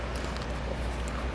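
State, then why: Not seated. A metal compressor bracket clip from an Air Lift WirelessAIR compressor system is pushed onto the steel frame flange of a 2019 Ford F-250 Super Duty but does not grab, because the frame is too thick for it. A steady low rumble with faint scraping fills the clip, and nothing has seated or clicked yet.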